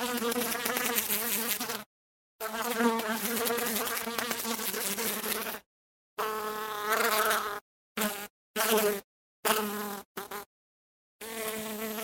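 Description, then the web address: Bee, a low humming drone repeatedly cut by short silent gaps, the buzz coming in bursts of varying length. "пчела"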